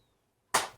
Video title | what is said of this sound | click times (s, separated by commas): Nerf First Order Stormtrooper blaster unboxing | you want to just click it in until you hear the clicking sound. | 0.5 s